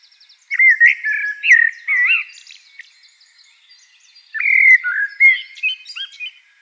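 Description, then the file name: Eurasian blackbird song: two mellow, whistled warbling phrases a few seconds apart, sliding up and down, with other birds chirping softly behind. "Turdus merula"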